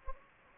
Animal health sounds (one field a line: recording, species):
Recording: mosquito wingbeat signal from an infrared sensor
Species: Anopheles gambiae